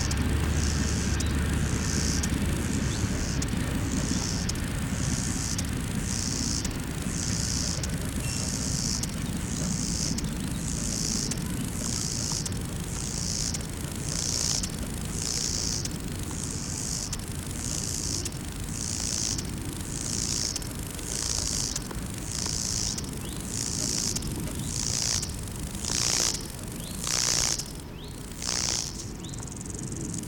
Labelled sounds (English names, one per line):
Lesser Marsh Grasshopper stridulation